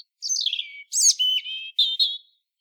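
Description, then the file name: European robin song: a descending tinkling trill, a harsh high burst, then level thin whistles and two short bright notes. "Erithacus rubecula"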